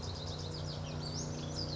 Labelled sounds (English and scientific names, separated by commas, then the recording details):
Western Flycatcher (Empidonax difficilis)
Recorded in Sonoma County, California